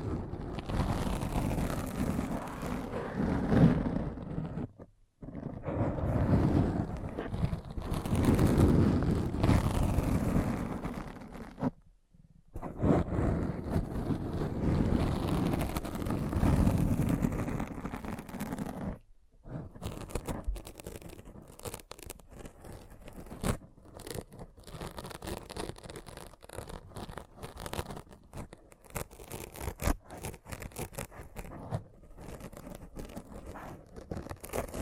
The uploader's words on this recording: ASMR Thorough Brain Scratch to Make You Sleepy (No Talking).